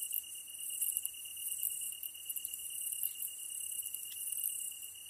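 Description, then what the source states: Tree cricket singing an unbroken high, pure trill throughout, layered over a hissing wash of very high insect ticks. Kantan recorded together with ezotsuyumushi on 15 August 2010 at 22:39, with a DH-D50.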